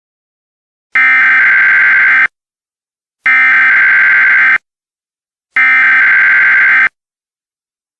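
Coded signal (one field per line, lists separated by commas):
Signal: Emergency Alert System (SAME) tones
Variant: header bursts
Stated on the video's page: Simulated alert scenario.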